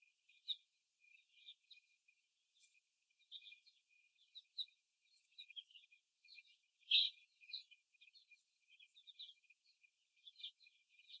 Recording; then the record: young laying hens in a cage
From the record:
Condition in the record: before the stressor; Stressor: simulated dog barking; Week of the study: 1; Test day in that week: 2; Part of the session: 2